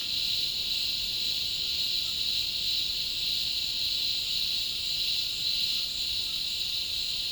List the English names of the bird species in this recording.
none